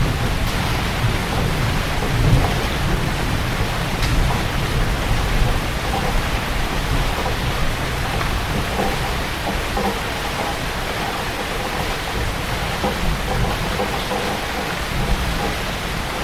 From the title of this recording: Rain on a Wooden Roof in Malaysia